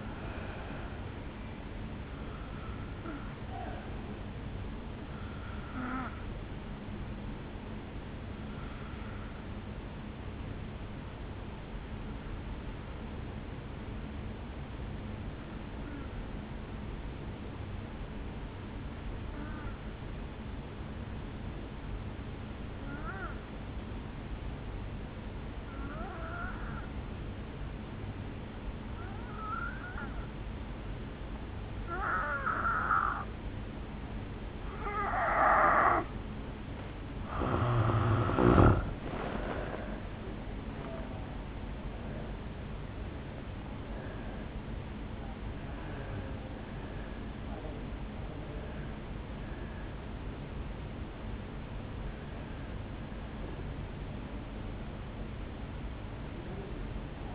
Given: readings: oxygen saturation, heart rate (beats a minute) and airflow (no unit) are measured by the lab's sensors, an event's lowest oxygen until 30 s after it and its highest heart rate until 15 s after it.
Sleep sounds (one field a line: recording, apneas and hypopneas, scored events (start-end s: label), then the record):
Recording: breathing in sleep by a voice recorder at the bedside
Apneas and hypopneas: 1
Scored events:
13.00-35.30 s: obstructive apnea (N2, oxygen 96% highest, then 83% lowest, heart rate 52 at the start, 73 highest)
36.00-57.35 s: new sleep stage, N1 (lightest sleep)
From the record:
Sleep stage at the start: N2 (light sleep)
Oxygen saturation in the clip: 85 to 96%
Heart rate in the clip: 52 to 73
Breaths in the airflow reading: 12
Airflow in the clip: -6.2 to 4.3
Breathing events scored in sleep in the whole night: 449 in 7.0 hours asleep